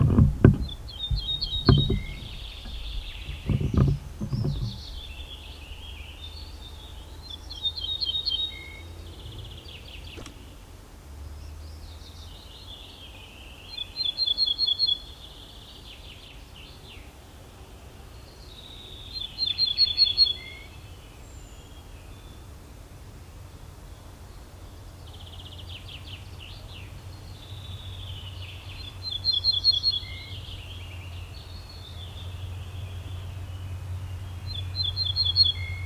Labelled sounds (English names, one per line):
Ortolan Bunting song